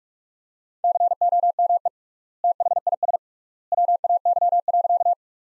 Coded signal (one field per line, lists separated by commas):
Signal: Morse code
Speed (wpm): 42 wpm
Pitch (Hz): 700 Hz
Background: none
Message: COME THIS WAY.